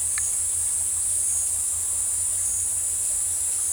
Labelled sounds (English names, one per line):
none